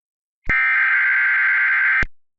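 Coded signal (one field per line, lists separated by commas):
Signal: Emergency Alert System (SAME) tones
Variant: header bursts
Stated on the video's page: Mock tornado emergency alert, audio made in Audacity with text-to-speech voices.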